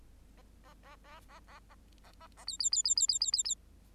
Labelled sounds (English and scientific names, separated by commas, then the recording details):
Bengalese Finch (Lonchura striata domestica) song
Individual Bird8